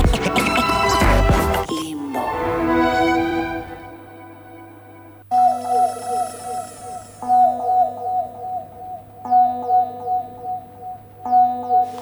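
A short keyboard music interlude: a dense, noisy burst opens into ringing sustained chords, then a bright repeating melodic figure pulses over a steady low drone, with no voices.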